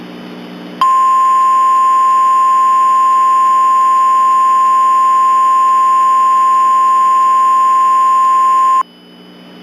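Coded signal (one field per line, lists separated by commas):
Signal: Emergency Alert System (SAME) tones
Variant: 1050 Hz attention tone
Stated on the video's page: Mock dust storm warning, not a real alert.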